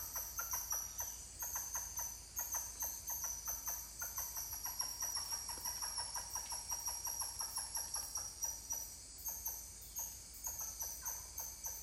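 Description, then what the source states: Titi monkeys calling in a dense, pumping run of short falling notes with a brief pause, backed by constant shrill insect buzzing. More than one titi monkey calling.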